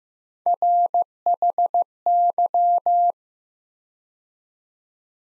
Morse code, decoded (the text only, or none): RHY